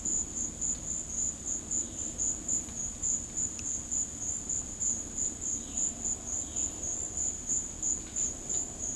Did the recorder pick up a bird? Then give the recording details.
no. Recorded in dense forest near Puerto Asís, Putumayo, Colombia, on 12 March 2025 at 16:00. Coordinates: 0.500, -76.322. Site GP06